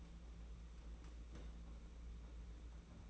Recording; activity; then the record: daily activity, microphone in the room; place on stove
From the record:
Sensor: 1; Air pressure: 991.9 hPa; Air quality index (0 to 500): 216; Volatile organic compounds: 1000 ppm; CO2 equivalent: 8397 ppm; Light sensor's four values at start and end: 23/78/30/31 and 23/78/30/31